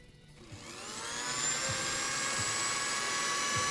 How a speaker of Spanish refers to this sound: El mic de Feminoticias. Prendemos la licuadora.